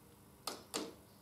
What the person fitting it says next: you can hear it clicking